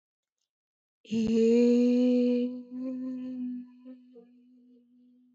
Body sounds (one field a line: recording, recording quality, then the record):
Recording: sustained vowel as in made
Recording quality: excellent, no background noise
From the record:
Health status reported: healthy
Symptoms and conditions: none ticked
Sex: female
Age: 23 years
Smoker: not ticked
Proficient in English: yes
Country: India